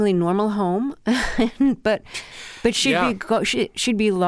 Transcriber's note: laughter